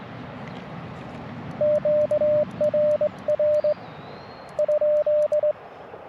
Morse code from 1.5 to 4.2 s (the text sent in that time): QRR